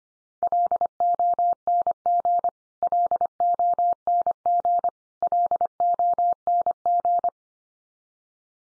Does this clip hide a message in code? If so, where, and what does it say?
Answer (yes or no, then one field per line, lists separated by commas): yes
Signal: Morse code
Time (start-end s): 0.4-7.3 s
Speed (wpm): 25 wpm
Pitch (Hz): 700 Hz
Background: none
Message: LONG LONG LONG